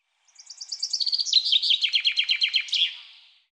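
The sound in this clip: Common chaffinch singing a bright cascading phrase, rapid repeated notes dropping in pitch through the middle and closing with a short terminal flourish, in quiet surroundings.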